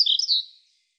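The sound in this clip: European robin giving a short, high warbled fragment that fades away, with silence afterward.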